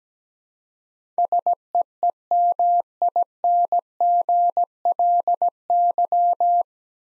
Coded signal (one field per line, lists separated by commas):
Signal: Morse code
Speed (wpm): 17 wpm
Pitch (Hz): 700 Hz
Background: none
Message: SEEMINGLY